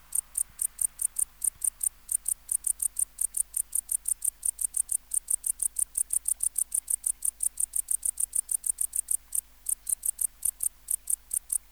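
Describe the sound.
Tettigonia hispanica bush-cricket song: a long run of sharp, high ticking pulses, steady and even, with one brief gap.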